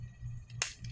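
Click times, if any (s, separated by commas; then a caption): 0.6 s. A plastic Transformers Studio Series DOTM Megatron figure has its ankle ratchet joint in the leg bent. It gives one sharp click at 0.6 s as it steps into position, with a low hum and fainter ticks around it. The ankle joint seats with a single click.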